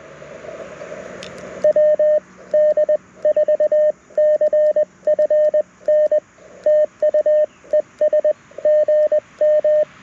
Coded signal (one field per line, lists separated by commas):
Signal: Morse code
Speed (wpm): 20 wpm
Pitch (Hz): 610 Hz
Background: radio noise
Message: WD4CFN TU ES GM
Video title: Morse Code Monday #2 - 07/17/2023 @ K-4451